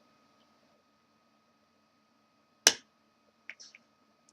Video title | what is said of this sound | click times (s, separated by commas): How to De-pot MAC Eye Shadows | okay so once you're able to slip the knife in there you'll hear it pop out a little | 2.7 s